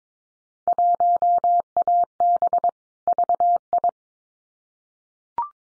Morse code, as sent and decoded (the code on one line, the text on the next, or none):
.---- .- -... / ...- ..
1AB VI